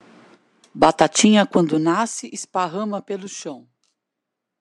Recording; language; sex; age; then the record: short text; Brazilian Portuguese; female; 50 to 59 years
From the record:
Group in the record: control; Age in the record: 59 years